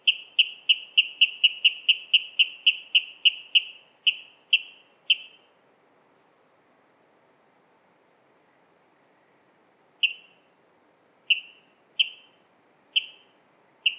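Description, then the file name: Water rail giving sharp, clear metallic call notes in a fast even run of about fifteen, slowing and stopping, then resuming with single notes after a pause. "Waterral Rallus aquaticus"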